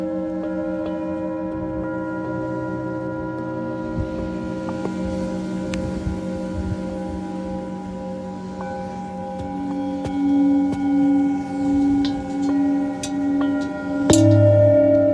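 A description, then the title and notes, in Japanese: Singing bowls ring in a sound healing session, a dense layer of long, steady tones sustaining throughout. From about ten seconds a low tone pulses in slow, even swells, and around fourteen seconds a fresh strike adds a sharp, brighter ring over the hum. 秋分メキシコから シンギングボウルのサウンドヒーリング。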